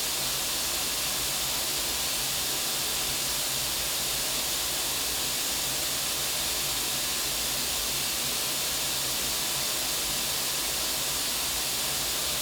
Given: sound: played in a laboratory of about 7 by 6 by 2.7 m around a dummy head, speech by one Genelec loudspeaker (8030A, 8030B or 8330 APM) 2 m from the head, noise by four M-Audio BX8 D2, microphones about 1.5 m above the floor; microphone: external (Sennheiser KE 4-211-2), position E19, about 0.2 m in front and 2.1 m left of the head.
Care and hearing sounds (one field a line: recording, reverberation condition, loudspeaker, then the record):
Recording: white noise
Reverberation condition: medium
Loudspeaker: four, about 170 cm from the corners of the room and facing them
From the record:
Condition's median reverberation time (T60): about 510 ms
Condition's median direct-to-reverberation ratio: about -0.5 dB